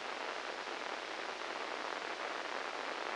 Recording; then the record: brain microelectrode recording played as sound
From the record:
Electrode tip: inside the subthalamic nucleus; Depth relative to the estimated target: 1 mm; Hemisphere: left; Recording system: NeuroSet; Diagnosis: Parkinson's disease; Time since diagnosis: 10 years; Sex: male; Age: 63 years